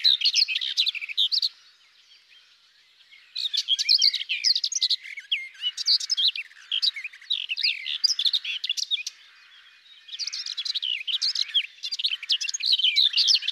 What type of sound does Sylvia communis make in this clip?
song